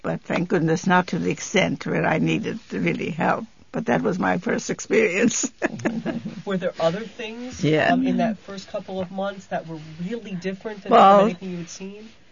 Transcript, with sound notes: But thank goodness not to the extent where I needed, really, help. But that was my first experience. ( she laughs )
Were there other things in that first couple of months that were really different than anything you had seen?